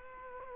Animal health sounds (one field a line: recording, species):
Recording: mosquito wingbeat signal from an infrared sensor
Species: Culex quinquefasciatus